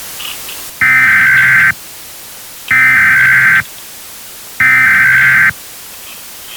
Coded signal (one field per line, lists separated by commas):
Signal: Emergency Alert System (SAME) tones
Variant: header bursts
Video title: EAS Special - Meltdown [REUPLOAD]